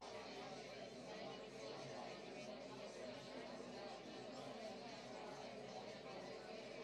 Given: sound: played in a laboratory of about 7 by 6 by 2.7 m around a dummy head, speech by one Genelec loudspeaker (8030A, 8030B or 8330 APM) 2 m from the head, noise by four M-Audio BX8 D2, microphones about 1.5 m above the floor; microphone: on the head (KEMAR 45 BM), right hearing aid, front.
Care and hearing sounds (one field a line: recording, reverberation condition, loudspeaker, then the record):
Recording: babble noise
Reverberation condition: low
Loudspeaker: four, about 170 cm from the corners of the room and facing them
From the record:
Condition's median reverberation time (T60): about 310 ms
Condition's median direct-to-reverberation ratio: about 3.5 dB